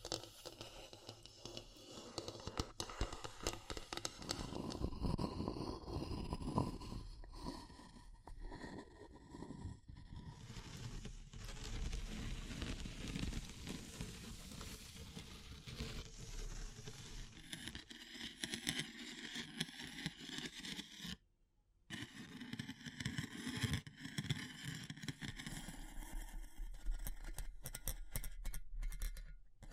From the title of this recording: Natural Triggers Wood, Bamboo and Straw